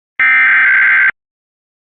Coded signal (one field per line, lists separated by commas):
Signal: Emergency Alert System (SAME) tones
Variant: header bursts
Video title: Georgia Statewide EAS Test (EAS #1-7)